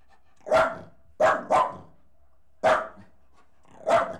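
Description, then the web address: Dog giving five sharp, loud barks, two close together in the middle, with short silent gaps. Jack Russell Terrier crossed with a Corgi, recorded while leaping. "BBC Sound Effects Library - Horses Dogs Jack Russel Corgi Cross Leaping"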